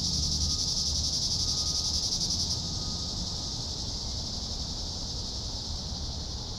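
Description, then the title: Cicadas buzzing loudly and steadily, the shrill drone dropping in strength after about two and a half seconds, then continuing softer over low rumble. "neoscenes: cicadas"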